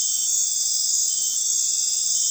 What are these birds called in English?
none